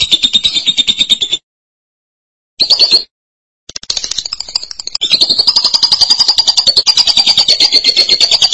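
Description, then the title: Lovebird song: bursts of high rapid chatter separated by silences, ending in a sustained, slightly wavering pulsed trill. "BM Suara Burung Lovebird"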